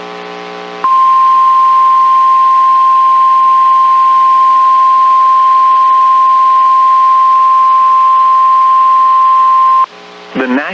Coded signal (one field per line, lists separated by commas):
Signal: Emergency Alert System (SAME) tones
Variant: 1050 Hz attention tone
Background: speech